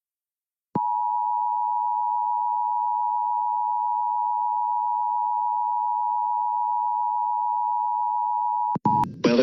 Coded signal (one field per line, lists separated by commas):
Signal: Emergency Alert System (SAME) tones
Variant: 853 and 960 Hz attention tone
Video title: Dust Storm Warning EAS in Chicago, Illinois (May 16)